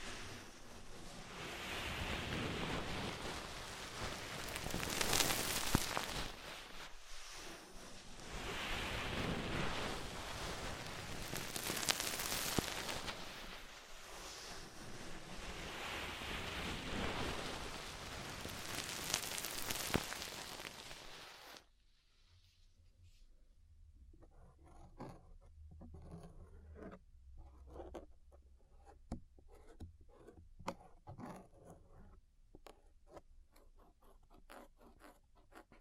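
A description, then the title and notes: Ear cleaning sounds: for about twenty seconds a thick, rushing scrape fills the clip, swelling and easing every few seconds. Then it cuts off abruptly, leaving quieter scattered clicks and light scratches over a faint low hum. ASMR Deep Ear Cleaning Session.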